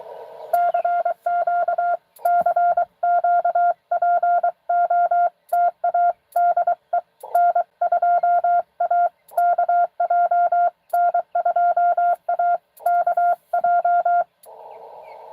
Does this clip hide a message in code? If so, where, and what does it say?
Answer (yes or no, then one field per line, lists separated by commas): yes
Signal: Morse code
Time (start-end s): 0.5-14.2 s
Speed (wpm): 23 wpm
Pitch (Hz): 690 Hz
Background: none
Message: CQ CQ POTA DE N2AKJ N2AKJ